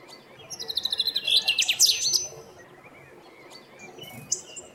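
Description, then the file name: Common chaffinch delivering one song: a fast series of repeated notes running into a short, emphatic ending, then soft background chirps. "Fringilla coelebs"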